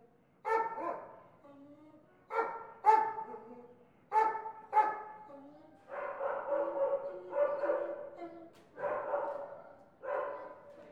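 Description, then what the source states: Dogs barking, sharp barks mostly in pairs, then a denser stretch of overlapping barking and whining. Kennel ambience with dogs.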